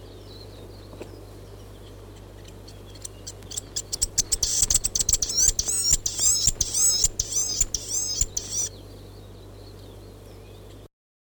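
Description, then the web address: Chatham Island fantail song: a rapid run of thin, high, squeaky swept notes with sharp clicks, building for about five seconds before stopping abruptly. "bird-song chatham-island-fantail"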